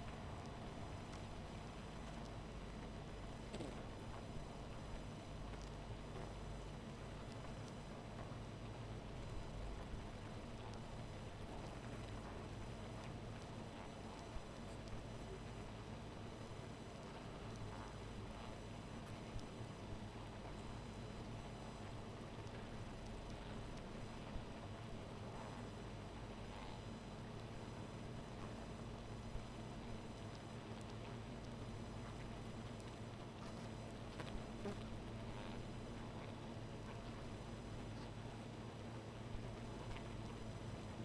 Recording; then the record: honeybee colony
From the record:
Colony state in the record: missing queen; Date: 14 July 2017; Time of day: 0:08